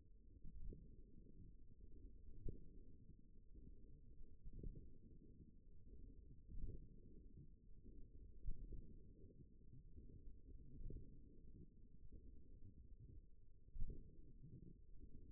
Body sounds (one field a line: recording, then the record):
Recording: forearm muscle sounds (acoustic myography)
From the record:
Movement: forearm supination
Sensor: system 1, eight BSWA MPA416 microphones around the upper forearm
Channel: 1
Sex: female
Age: 21 years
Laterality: right